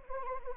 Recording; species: mosquito wingbeat signal from an infrared sensor; Anopheles arabiensis